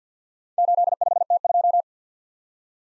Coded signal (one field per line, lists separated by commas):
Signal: Morse code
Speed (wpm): 48 wpm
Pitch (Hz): 700 Hz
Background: none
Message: 85T2